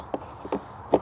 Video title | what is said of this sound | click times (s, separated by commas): replacing a turbo resonator seal 3.0L sprinter - DIY | clicks right in | 0.9 s